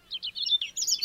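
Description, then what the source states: Siberian rubythroat song snippet, a brief run of rapid, high, varied chirps and whistles. Teuri Island, Hokkaido, Japan.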